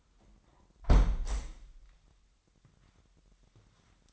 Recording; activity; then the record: daily activity, microphone in the room; close window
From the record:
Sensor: 3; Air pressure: 998.1 hPa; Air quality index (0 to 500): 152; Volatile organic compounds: 5 ppm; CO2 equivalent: 1814 ppm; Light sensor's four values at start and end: 13/38/15/14 and 13/38/15/14